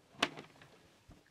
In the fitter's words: and then the other one, click